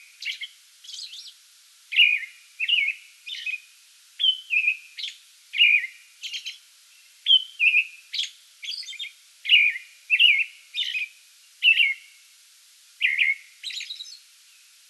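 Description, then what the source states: American robin song: caroling whistled phrases, each short and slurred, delivered steadily with brief gaps, mixed with high thin squeaky notes. Song bout recorded 8 May 2022.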